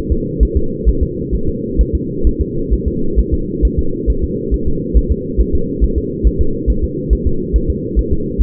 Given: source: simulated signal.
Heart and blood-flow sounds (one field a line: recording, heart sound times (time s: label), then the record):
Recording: fetal heart sounds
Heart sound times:
0.12 s: S2
0.43 s: S1
0.57 s: S2
0.89 s: S1
1.03 s: S2
1.35 s: S1
1.49 s: S2
1.81 s: S1
1.95 s: S2
2.27 s: S1
2.41 s: S2
2.73 s: S1
2.88 s: S2
3.19 s: S1
3.34 s: S2
3.65 s: S1
3.79 s: S2
4.10 s: S1
4.24 s: S2
4.54 s: S1
4.68 s: S2
4.97 s: S1
5.12 s: S2
5.41 s: S1
5.55 s: S2
5.84 s: S1
5.98 s: S2
6.27 s: S1
6.41 s: S2
6.70 s: S1
6.84 s: S2
7.13 s: S1
7.27 s: S2
7.56 s: S1
7.70 s: S2
7.99 s: S1
8.13 s: S2
8.42 s: S1
From the record:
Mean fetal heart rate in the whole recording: 135 bpm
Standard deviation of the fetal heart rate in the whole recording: 3 bpm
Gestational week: 34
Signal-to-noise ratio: -8.1 dB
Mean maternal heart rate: 72 bpm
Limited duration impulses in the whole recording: absent